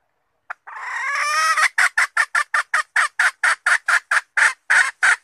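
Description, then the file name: Red junglefowl hen: one brief note, then a long nasal call growing louder that breaks into a steady fast series of short harsh notes. Female (hen) wild junglefowl calling to find a mate. "tieng ga rung mai keu tim kiem ban tinh"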